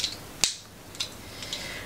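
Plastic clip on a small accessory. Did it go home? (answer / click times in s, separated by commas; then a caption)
yes / 0.4 s. A small plastic clip-together piece on a small accessory is pressed shut after a worry that it had been pushed too hard. A sharp, bright snap at 0.4 s marks the clip seating, with softer ticks before and after it. The clip closes and holds.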